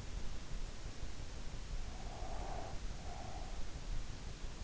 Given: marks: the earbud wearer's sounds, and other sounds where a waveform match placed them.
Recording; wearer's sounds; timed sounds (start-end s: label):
sounds in sleep by an in-ear microphone; breath
1.83-3.61 s: breath